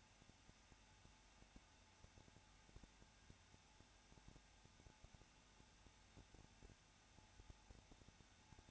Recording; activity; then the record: daily activity, microphone in the room; no activity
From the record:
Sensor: 2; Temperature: 21.0 degrees Celsius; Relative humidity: 34.2%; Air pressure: 994.4 hPa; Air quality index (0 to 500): 171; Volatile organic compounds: 3 ppm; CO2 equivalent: 1329 ppm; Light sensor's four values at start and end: 2/3/2/2 and 2/3/2/2